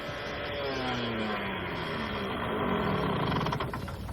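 A small moped engine runs steadily, a buzzy droning hum with rising and falling pitch harmonics as it revs, continuous for the whole stretch with no voices.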